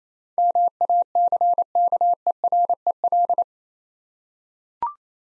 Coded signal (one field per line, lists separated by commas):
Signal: Morse code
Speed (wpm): 29 wpm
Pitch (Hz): 700 Hz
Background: none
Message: MACKEREL